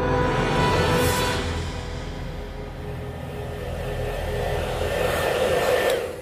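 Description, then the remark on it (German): A hair dryer blows continuously with a steady, breathy whir and a faint motor hum, its tone sagging slightly in the middle before swelling back up toward the end, as the person holding it lowers it. “und ließ den Föhn sinken.”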